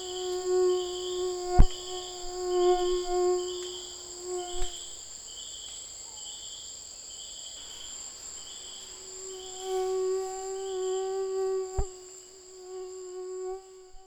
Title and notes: MOUSTIQUE TROPICAL. 17 novembre 2006-Chemin des grands arbres - Saül - Nagra Lb - cardioïde - mkh40